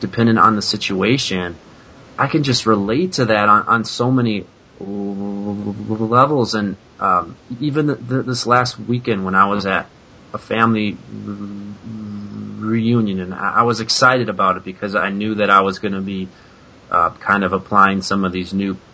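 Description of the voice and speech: Adult male speaker with stuttering, heard as prolonged, drawn-out sounds within otherwise fluent conversational speech; he is deliberately letting himself stutter with more prolongation.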